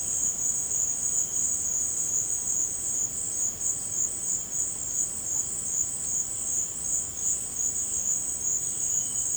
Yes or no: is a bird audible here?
no